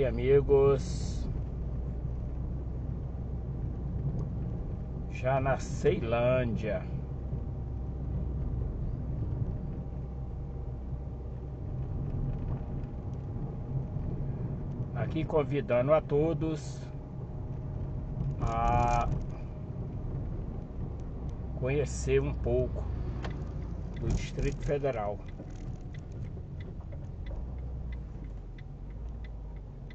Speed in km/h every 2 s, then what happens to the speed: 32, 34, 35, 37, 37, 37, 37, 37, 38, 39, 39, 39, 37, 34, 19.
0-23 steady at about 37. 23-30 slows to 19.